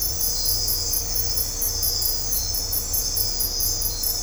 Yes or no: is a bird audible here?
no